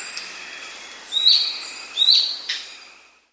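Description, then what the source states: Slaty antwren giving two brief, bright upslurred notes under a second apart, followed by a soft high note, over faint background hiss. South America.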